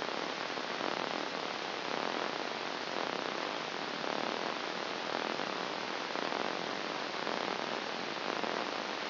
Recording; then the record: brain microelectrode recording played as sound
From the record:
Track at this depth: inside the subthalamic nucleus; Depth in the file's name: 2.135 mm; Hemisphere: left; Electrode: 2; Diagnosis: Parkinson's disease